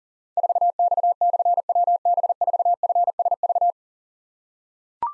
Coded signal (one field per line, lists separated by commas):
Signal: Morse code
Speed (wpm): 41 wpm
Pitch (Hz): 700 Hz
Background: none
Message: 4X/WB4FSV